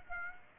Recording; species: mosquito wingbeat signal from an infrared sensor; Aedes aegypti